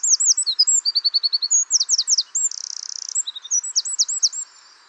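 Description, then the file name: Eurasian wren song, a quick high warble of repeated curled notes, a steady rattling trill, then a dense buzz and more twittering phrases. "Troglodytes troglodytes"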